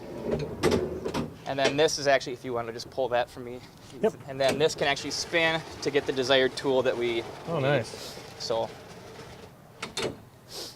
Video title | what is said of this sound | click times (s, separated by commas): 2019-06-28 Sioux Falls Fire Episode 7 | locks in place and | 9.8 s, 10.0 s